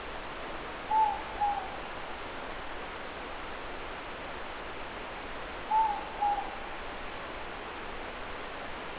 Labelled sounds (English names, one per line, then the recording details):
Morepork more-pork call
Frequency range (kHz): Morepork 0.7-1.0 kHz
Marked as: faintness 3/5
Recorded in New Zealand
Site Eglinton